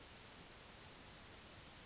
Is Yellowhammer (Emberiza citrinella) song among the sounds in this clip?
no